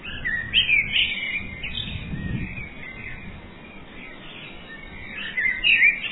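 Bird chirps: bright twittering notes at the start, a quieter stretch, then another burst of sharp chirps near the end, with low rumbling background noise.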